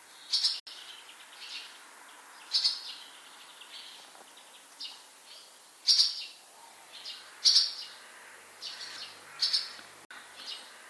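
Bird chirps: short high bursts spaced one to two seconds apart, with a couple of sharp clicks and faint background hiss.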